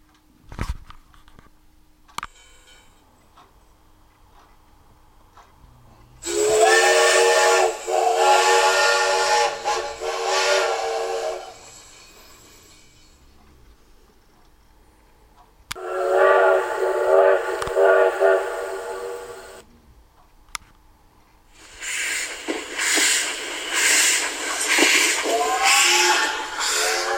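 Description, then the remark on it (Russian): The whistle of the tsar's steam train, held at Malaya Vishera station 150 versts from Petrograd on the night of 1 March, sounds in three long, loud blasts, each a rich, reedy chord smeared with roaring hiss, separated by quiet gaps with faint low rumbling. “В ночь на 1 марта царский поезд был задержан на станции Малая Вишера, в 150 верстах от Петрограда.”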